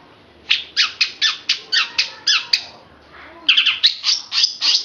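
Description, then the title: Oriental magpie-robin singing a quick series of sharp, evenly spaced chirps, a short pause, then a denser run of bright whistled notes. Long-duration chirping song. "Kicau Kacer"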